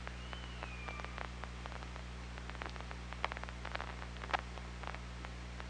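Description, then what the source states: Killer whale underwater call: a faint high whistle sweeping gently downward, with a shorter level tone, over a dense scatter of sharp clicks and steady low hum. OrcaLab hydrophone, 24 August 2017 at 07:21.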